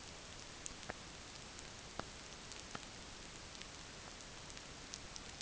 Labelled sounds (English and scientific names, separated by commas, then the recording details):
none
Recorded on Arctic tundra, site NAIT-1, on 27 June 2019
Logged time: 20:00